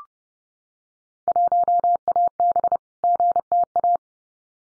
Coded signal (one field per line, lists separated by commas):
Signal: Morse code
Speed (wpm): 30 wpm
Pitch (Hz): 700 Hz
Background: none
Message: 1AB GTA